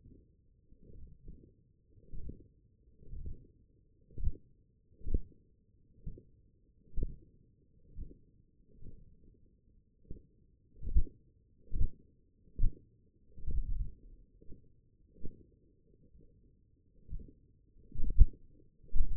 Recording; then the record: forearm muscle sounds (acoustic myography)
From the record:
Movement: hand opening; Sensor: system 1, eight BSWA MPA416 microphones around the upper forearm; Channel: 5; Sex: male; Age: 21 years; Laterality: right